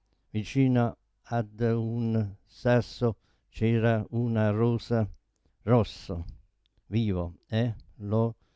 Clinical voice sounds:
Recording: read passage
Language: Italian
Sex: male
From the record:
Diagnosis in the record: Parkinson's disease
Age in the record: 72 years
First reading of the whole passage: 118 s, 4.4 characters per second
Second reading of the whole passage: 99 s, 5.2 characters per second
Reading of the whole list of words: 88 s, 3.2 characters per second

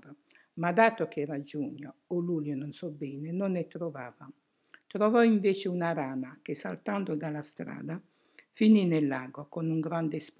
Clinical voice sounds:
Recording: read passage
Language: Italian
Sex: female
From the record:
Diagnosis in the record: healthy control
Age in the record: 68 years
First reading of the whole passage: 56 s, 9.3 characters per second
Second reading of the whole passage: 53 s, 9.8 characters per second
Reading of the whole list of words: 52 s, 5.4 characters per second

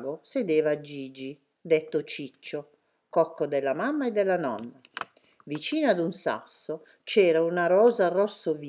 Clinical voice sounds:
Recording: read passage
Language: Italian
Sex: female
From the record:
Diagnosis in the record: healthy control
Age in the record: 69 years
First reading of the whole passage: 64 s, 7.9 characters per second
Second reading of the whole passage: 54 s, 9.5 characters per second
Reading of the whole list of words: 33 s, 8.4 characters per second

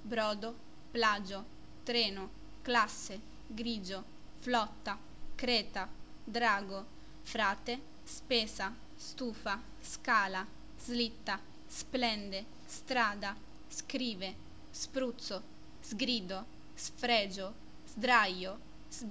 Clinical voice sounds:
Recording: read list of words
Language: Italian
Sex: female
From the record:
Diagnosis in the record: healthy control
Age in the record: 20 years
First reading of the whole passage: 47 s, 11.1 characters per second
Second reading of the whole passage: 49 s, 10.5 characters per second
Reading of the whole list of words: 45 s, 6.2 characters per second

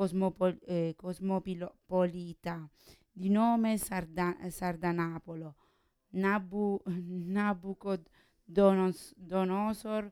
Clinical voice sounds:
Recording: read passage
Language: Italian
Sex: female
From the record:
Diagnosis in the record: Parkinson's disease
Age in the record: 40 years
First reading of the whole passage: 61 s, 7.8 characters per second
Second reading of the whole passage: 52 s, 9.9 characters per second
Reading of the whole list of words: 55 s, 5.1 characters per second

